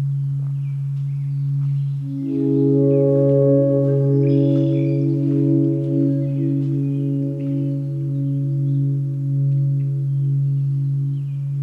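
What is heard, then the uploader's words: A steady low hum runs through the whole recording on the Cave and Basin Marsh Trail in Banff. At about two seconds a ringing, bowl-like cluster of tones swells in and rings on, slowly thinning, while faint high chirps appear here and there. Soundwalk Season 4: The Canadian Rockies. Banff National Park, Canada on The Banff Cave and Basin Marsh Trail.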